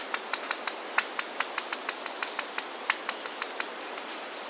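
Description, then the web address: Amazon dwarf squirrel making rapid, high-pitched ticking chirps, about five a second in irregular bursts, over a faint intermittent thin tone. Amazon rainforest, South America. "Natures Songs S America Mammals of the Rainforest Amazon Dwarf Squirrel"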